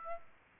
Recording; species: mosquito wingbeat signal from an infrared sensor; Aedes aegypti